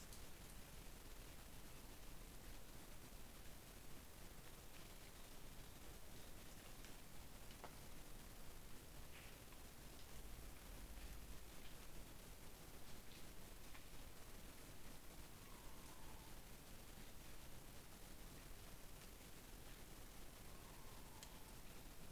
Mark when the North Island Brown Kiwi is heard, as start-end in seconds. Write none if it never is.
none